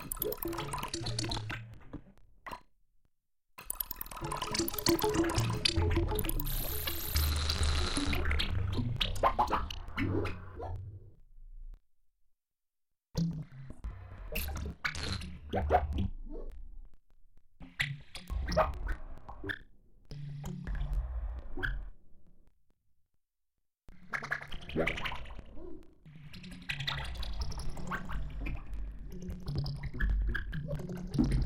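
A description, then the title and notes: Crackling, snapping twigs and rasping, squishy textures arrive in dense close bursts, separated by short silences near 3, 12 and 23 seconds. I don't remember what files were used but they were manipulated live using Audiomulch and Pure Data.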